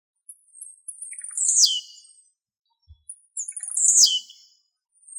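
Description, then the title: Bird song of high, thin whistles sliding into bright descending sweeps, two similar phrases about two and a half seconds apart, with short chirps between. "LuckyPassaros CompletosSama"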